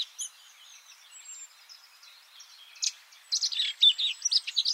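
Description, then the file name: Eurasian blackcap song: a quiet opening of thin high notes, then a loud burst of quick, chattering and warbled phrases in the last second and a half. "Sylvia atricapilla"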